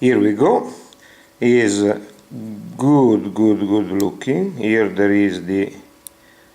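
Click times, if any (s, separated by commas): 6.1 s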